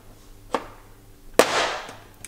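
A plastic push-in expanding clip is pressed into the first mounting hole of a new fender liner and splash shield on a Honda Civic EK. A sharp tap at 0.5 s comes before a loud, sharp snap at 1.4 s with a brief broadband ring-off, followed by faint small ticks near the end. The clip snaps open at its base and locks the liner securely in place.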